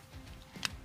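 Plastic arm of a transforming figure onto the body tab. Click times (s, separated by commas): 0.6 s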